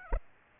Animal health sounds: mosquito wingbeat signal from an infrared sensor; Aedes aegypti

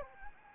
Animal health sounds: mosquito wingbeat signal from an infrared sensor; Anopheles gambiae

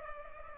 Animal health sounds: mosquito wingbeat signal from an infrared sensor; Culex pipiens

